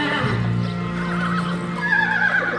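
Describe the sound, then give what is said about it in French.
A horse whinnies in a long, wavering, high-pitched neigh, with the rhythmic clip-clop of hooves trotting steadily underneath throughout, as a horse and a mare climb up at a gentle trot. “Le cheval et la jument montent au petit trot.”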